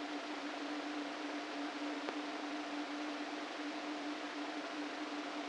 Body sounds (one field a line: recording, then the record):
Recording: brain microelectrode recording played as sound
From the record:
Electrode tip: inside the subthalamic nucleus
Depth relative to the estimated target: 0 mm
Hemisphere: right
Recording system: NeuroSet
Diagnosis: Parkinson's disease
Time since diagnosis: 13 years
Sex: male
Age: 49 years